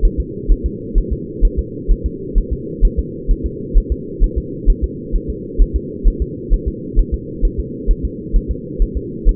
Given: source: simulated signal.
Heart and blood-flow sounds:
fetal heart sounds
0.05 s: S1
0.20 s: S2
0.51 s: S1
0.66 s: S2
0.98 s: S1
1.13 s: S2
1.45 s: S1
1.59 s: S2
1.91 s: S1
2.06 s: S2
2.38 s: S1
2.53 s: S2
2.85 s: S1
2.99 s: S2
3.31 s: S1
3.46 s: S2
3.77 s: S1
3.92 s: S2
4.24 s: S1
4.38 s: S2
4.70 s: S1
4.84 s: S2
5.16 s: S1
5.30 s: S2
5.61 s: S1
5.76 s: S2
6.07 s: S1
6.22 s: S2
6.53 s: S1
6.68 s: S2
6.99 s: S1
7.14 s: S2
7.45 s: S1
7.60 s: S2
7.91 s: S1
8.05 s: S2
8.36 s: S1
8.51 s: S2
8.82 s: S1
8.97 s: S2
9.29 s: S1
From the record:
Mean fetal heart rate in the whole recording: 130 bpm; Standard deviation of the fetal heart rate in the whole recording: 2 bpm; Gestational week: 38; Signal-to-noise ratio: -4.1 dB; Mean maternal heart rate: no maternal heart sound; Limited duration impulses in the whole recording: absent

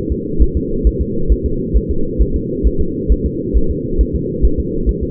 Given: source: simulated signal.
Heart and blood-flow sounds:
fetal heart sounds
0.12 s: S2
0.42 s: S1
0.57 s: S2
0.87 s: S1
1.02 s: S2
1.32 s: S1
1.46 s: S2
1.77 s: S1
1.91 s: S2
2.22 s: S1
2.36 s: S2
2.67 s: S1
2.81 s: S2
3.12 s: S1
3.26 s: S2
3.57 s: S1
3.71 s: S2
4.01 s: S1
4.16 s: S2
4.45 s: S1
4.60 s: S2
4.89 s: S1
5.03 s: S2
From the record:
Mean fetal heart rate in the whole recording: 135 bpm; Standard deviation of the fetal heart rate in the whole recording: 3 bpm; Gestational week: 34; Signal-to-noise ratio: -8.1 dB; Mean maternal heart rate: 72 bpm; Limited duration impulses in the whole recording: absent

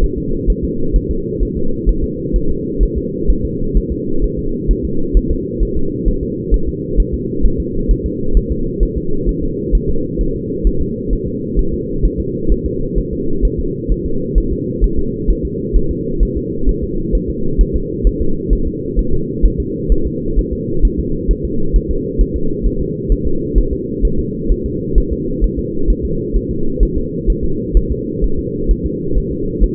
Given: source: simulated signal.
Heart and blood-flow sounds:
fetal heart sounds
0.04 s: S1
0.18 s: S2
0.50 s: S1
0.65 s: S2
0.96 s: S1
1.11 s: S2
1.43 s: S1
1.57 s: S2
1.89 s: S1
2.04 s: S2
2.36 s: S1
2.51 s: S2
2.83 s: S1
2.98 s: S2
3.30 s: S1
3.45 s: S2
3.77 s: S1
3.92 s: S2
4.24 s: S1
4.39 s: S2
4.71 s: S1
4.85 s: S2
5.17 s: S1
5.31 s: S2
5.63 s: S1
5.77 s: S2
6.08 s: S1
6.23 s: S2
6.54 s: S1
6.68 s: S2
7.00 s: S1
7.14 s: S2
7.46 s: S1
7.60 s: S2
7.91 s: S1
8.06 s: S2
8.37 s: S1
8.52 s: S2
8.83 s: S1
8.97 s: S2
9.29 s: S1
9.44 s: S2
9.75 s: S1
9.89 s: S2
10.21 s: S1
10.36 s: S2
10.67 s: S1
10.82 s: S2
11.13 s: S1
11.28 s: S2
11.59 s: S1
11.74 s: S2
12.05 s: S1
12.20 s: S2
12.52 s: S1
12.66 s: S2
12.98 s: S1
13.13 s: S2
13.45 s: S1
13.60 s: S2
13.92 s: S1
14.06 s: S2
14.38 s: S1
14.53 s: S2
14.84 s: S1
14.99 s: S2
15.30 s: S1
15.45 s: S2
15.77 s: S1
15.91 s: S2
16.23 s: S1
16.37 s: S2
16.69 s: S1
16.84 s: S2
17.15 s: S1
17.30 s: S2
17.61 s: S1
17.76 s: S2
18.07 s: S1
18.21 s: S2
18.53 s: S1
18.67 s: S2
18.99 s: S1
19.14 s: S2
19.45 s: S1
19.60 s: S2
19.92 s: S1
20.07 s: S2
20.39 s: S1
20.53 s: S2
20.85 s: S1
21.00 s: S2
21.31 s: S1
21.45 s: S2
21.76 s: S1
21.91 s: S2
22.21 s: S1
22.36 s: S2
22.66 s: S1
22.81 s: S2
23.12 s: S1
23.27 s: S2
23.58 s: S1
23.73 s: S2
24.05 s: S1
24.19 s: S2
24.52 s: S1
24.66 s: S2
24.98 s: S1
25.12 s: S2
25.44 s: S1
25.59 s: S2
25.90 s: S1
26.05 s: S2
26.36 s: S1
26.51 s: S2
26.83 s: S1
26.97 s: S2
27.30 s: S1
27.44 s: S2
27.77 s: S1
27.91 s: S2
28.24 s: S1
28.39 s: S2
28.71 s: S1
28.86 s: S2
29.18 s: S1
29.32 s: S2
29.64 s: S1
From the record:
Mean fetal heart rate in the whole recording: 130 bpm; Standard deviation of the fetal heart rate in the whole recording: 2 bpm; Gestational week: 36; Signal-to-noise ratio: -8.1 dB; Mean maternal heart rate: 72 bpm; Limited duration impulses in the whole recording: absent

